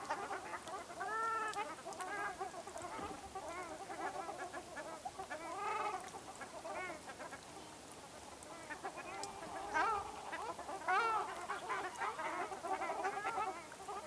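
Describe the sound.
Ruddy shelduck flock calling, nasal goose-like honks repeated and overlapping, with some sharper notes near the end.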